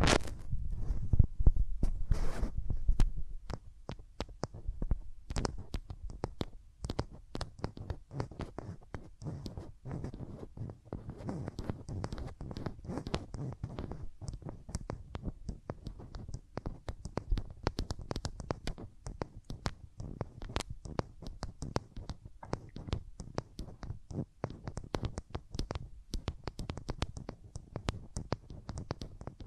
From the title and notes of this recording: ASMR Rubbing Your Ears in My Hands Sensitive, Close Up Triggers (No Talking).